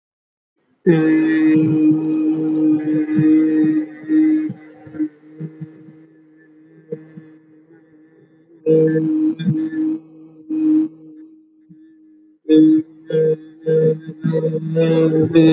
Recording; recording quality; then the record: sustained vowel as in made; excellent, no background noise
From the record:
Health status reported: healthy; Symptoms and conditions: cold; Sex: male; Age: 24 years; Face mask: not worn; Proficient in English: yes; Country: India